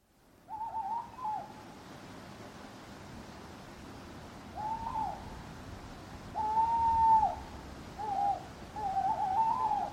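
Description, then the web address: Owl calling in a series of wavering hoots, five phrases spread over ten seconds, some long and tremulous, with quiet background noise. Owls hooting at night in a churchyard. "birds backgrounds churchyard night owls hooting clock strike"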